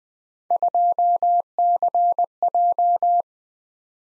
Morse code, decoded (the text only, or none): 2CJ